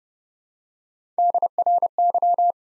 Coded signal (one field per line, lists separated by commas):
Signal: Morse code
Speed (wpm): 30 wpm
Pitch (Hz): 700 Hz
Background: none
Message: DRY